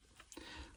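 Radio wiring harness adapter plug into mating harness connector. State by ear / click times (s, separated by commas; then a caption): seated / 0.3 s. A plastic radio wiring-harness adapter plug is pushed into its mating harness connector behind a car radio and dash. A faint tick at 0.2 s is followed by a sharp click at 0.3 s. The plug seats, and the connector is secured.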